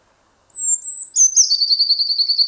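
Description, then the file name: Eurasian blue tit song: a piercing high whistle dropping into an extended, evenly pulsed trill that continues to the end. "Cyanistes caeruleus"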